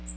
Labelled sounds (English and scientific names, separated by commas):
Magnolia Warbler (Setophaga magnolia) flight call